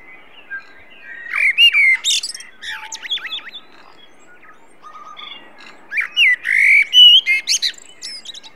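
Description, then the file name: Common blackbird song in two bursts, each a slurred, fluting whistle followed by high, sharp, scratchy notes, with silence between them. "Turdus merula"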